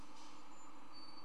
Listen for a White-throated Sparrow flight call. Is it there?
no